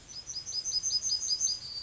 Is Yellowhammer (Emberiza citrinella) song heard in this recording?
yes